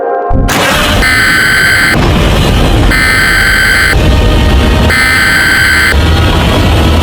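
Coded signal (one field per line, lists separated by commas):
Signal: Emergency Alert System (SAME) tones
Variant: header bursts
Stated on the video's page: Fictional EAS scenario, a simulated alert rather than a real one.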